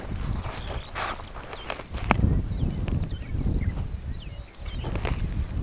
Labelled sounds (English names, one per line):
Superb Starling flight call